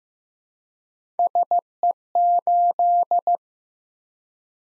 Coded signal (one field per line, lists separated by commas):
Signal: Morse code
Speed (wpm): 15 wpm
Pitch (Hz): 700 Hz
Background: none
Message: SE8